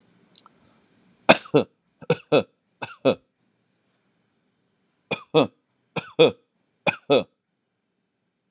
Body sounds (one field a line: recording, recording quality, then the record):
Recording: shallow voluntary cough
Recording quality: excellent, no background noise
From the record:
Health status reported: healthy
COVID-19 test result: not tested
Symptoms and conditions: none ticked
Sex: male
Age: 46 years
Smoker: not ticked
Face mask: not worn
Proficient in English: yes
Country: India